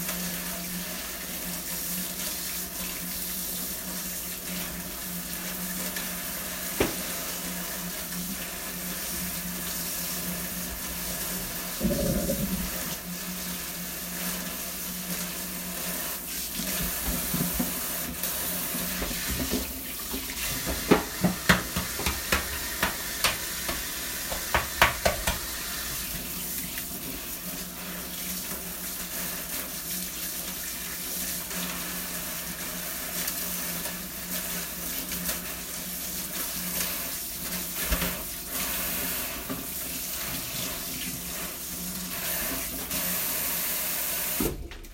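Kitchen sounds: a tap runs steadily throughout with a rushing hiss of water, over a low constant hum. Between about 20 and 26 seconds a burst of sharp clattering knocks stands out, with a few scattered clicks and bumps elsewhere.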